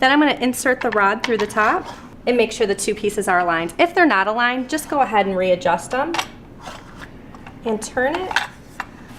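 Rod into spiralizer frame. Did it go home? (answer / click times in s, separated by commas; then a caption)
no / none. A rod is inserted through the top of a plastic spiralizer frame, the two pieces are aligned, and the rod is turned to lock it into place while someone talks throughout. Short plastic knocks and handling taps come near the end, the sharpest at about 8.8 s. The rod has not locked into place yet and nothing has seated or clicked.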